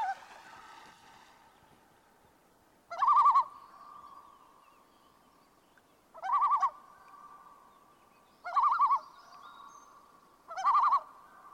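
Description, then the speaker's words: Common Loon giving tremolo calls: short, rapidly quavering laughing bursts repeated about every two to three and a half seconds, each trailing into a long echo over quiet background. Tremolo call, seems to be used to express alarm or distress. "This next call is the tremolo. It seems to be used to express alarm or distress."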